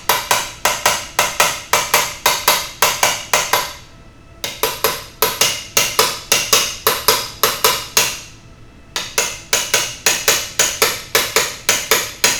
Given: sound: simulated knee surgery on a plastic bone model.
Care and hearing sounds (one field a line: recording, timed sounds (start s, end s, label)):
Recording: surgical tools on bone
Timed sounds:
0.10	0.10	chisel strike
0.31	0.31	chisel strike
0.66	0.66	chisel strike
0.86	0.86	chisel strike
1.19	1.19	chisel strike
1.40	1.40	chisel strike
1.73	1.73	chisel strike
1.94	1.94	chisel strike
2.26	2.26	chisel strike
2.48	2.48	chisel strike
2.82	2.82	chisel strike
3.03	3.03	chisel strike
3.34	3.34	chisel strike
3.53	3.53	chisel strike
4.44	4.44	chisel strike
4.63	4.63	chisel strike
4.84	4.84	chisel strike
5.22	5.22	chisel strike
5.42	5.42	chisel strike
5.77	5.77	chisel strike
5.99	5.99	chisel strike
6.32	6.32	chisel strike
6.53	6.53	chisel strike
6.87	6.87	chisel strike
7.08	7.08	chisel strike
7.43	7.43	chisel strike
7.65	7.65	chisel strike
7.97	7.97	chisel strike
8.96	8.96	chisel strike
9.18	9.18	chisel strike
9.53	9.53	chisel strike
9.74	9.74	chisel strike
10.07	10.07	chisel strike
10.28	10.28	chisel strike
10.60	10.60	chisel strike
10.82	10.82	chisel strike
11.15	11.15	chisel strike
11.36	11.36	chisel strike
11.69	11.69	chisel strike
11.91	11.91	chisel strike
12.24	12.24	chisel strike